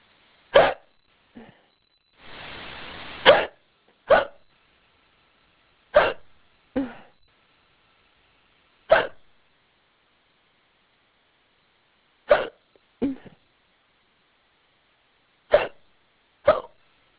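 Sharp, abrupt hiccups in an adult recur every few seconds, each followed by a softer catch, with one longer breathy exhale.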